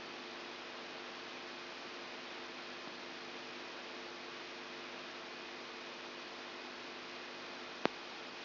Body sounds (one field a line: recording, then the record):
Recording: brain microelectrode recording played as sound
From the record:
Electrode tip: outside the subthalamic nucleus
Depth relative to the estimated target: -4 mm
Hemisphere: right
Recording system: AlphaMap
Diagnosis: Parkinson's disease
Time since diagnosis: 14 years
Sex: female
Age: 63 years